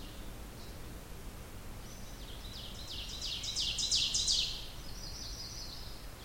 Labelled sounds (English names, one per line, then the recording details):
Ovenbird song
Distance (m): 35 m
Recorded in boreal forest in Alberta, Canada, on 16 June 2016 at 06:12
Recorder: SongMeter 3, array SBT-3-32
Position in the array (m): 114 m, 145 m
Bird 37